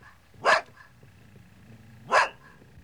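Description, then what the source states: Dog barking, two single barks about one and a half seconds apart over quiet background hum. Large dog barking in the distance.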